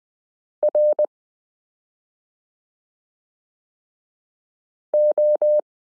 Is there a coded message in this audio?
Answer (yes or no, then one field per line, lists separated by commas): yes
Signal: Morse code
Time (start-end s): 0.6-5.6 s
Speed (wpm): 20 wpm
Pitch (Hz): 600 Hz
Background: none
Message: R O